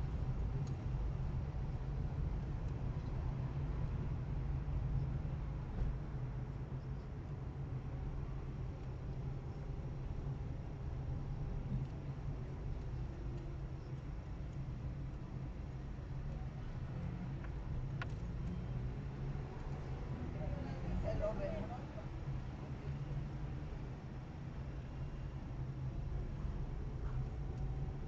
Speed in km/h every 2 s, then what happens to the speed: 13, 13, 13, 13, 14, 14, 13, 11, 11, 12, 12, 11, 11, 11.
0-28 steady at about 12.